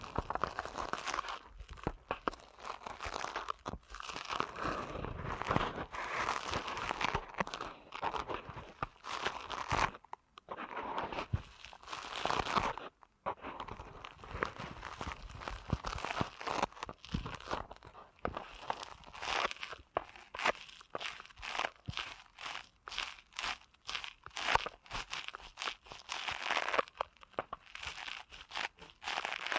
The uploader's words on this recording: ASMR Deep Ear Canal Massage for Sleep (No Talking).